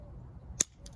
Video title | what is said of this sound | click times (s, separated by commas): Change Out Your Hood Struts - Toyota 4Runner | And you hear the pop, it's good. | 0.6 s